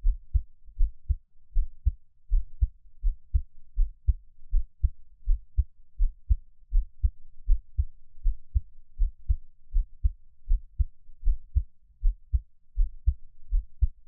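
A steady, calm heartbeat thumps low in an even rhythm, roughly once per second, with soft paired beats and nothing else around it.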